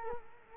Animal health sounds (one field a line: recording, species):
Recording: mosquito wingbeat signal from an infrared sensor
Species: Culex quinquefasciatus